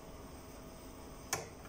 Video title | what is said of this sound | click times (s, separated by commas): SironaCEREC OMNI CAM AND inLab MC XL Milling Unit Calibration. | okay you should hear this click | 1.3 s